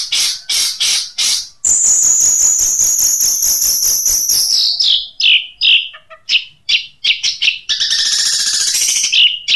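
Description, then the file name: Long-tailed shrike song opening with harsh chattering bursts, then a long high squealing buzzy trill that slides down into scratchy notes and whistled snippets. Long-tailed shrike singing in the "Kuntilanak" song style. "Suara Cendet Kuntilanak"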